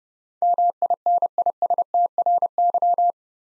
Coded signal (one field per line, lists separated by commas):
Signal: Morse code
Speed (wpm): 30 wpm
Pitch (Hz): 700 Hz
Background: none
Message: MINISTRY